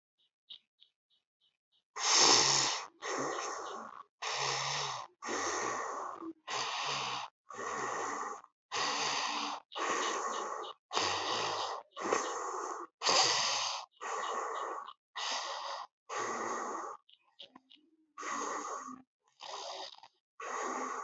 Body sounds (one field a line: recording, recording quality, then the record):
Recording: shallow breathing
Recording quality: excellent, no background noise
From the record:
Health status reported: healthy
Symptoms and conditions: none ticked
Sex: male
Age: 25 years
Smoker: not ticked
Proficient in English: yes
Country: India